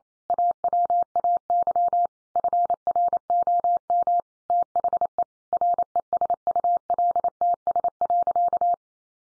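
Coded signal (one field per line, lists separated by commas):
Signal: Morse code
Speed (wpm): 28 wpm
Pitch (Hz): 700 Hz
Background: none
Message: AWAY FROM THE RESULTS.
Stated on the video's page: Morse practice drill of sentences sent at 28 wpm for head-copy.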